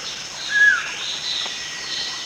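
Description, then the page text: Puff-backed bulbul with a single drawn-out level whistle that drops at the end, amid continuous shrill insect chorus. Recorded at Danum, Borneo. "Sound of Puff-backed Bulbul at Danum by EDWARDS, David"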